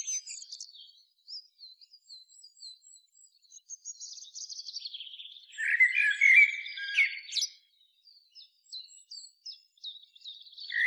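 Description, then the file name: Common blackbird: thin high squeaky notes lead into a loud mellow fluting phrase with a sharp high ending, followed by soft repeated high chips. "Turdus merula"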